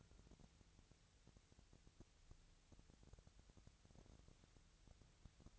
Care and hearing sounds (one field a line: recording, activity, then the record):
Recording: daily activity, microphone in the room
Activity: wipe stove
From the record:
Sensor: 3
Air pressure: 1001.5 hPa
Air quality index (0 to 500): 223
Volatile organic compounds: 30 ppm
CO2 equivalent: 2961 ppm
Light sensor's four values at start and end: 10/33/14/12 and 11/33/14/12